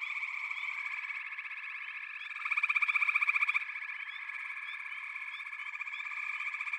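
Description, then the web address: Chorus of frogs as an unbroken trilling hum, with one strong burst of fast rhythmic pulses in the middle, lasting about a second. A chorus of frogs calling together. "Echoes of Nature - Frog Chorus"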